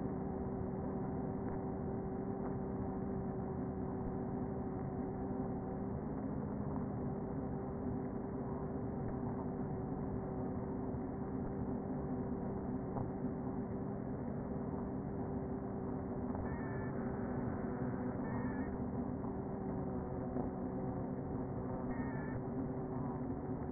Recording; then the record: honeybee colony, microphone inside the hive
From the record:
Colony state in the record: queen present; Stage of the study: before two queens were removed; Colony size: about 60,000 bees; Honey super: yes